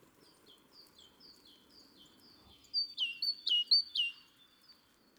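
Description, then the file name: Great tit calls, a soft run of descending chirps followed by a louder burst of sharp, repeated two-part notes. "Parus major"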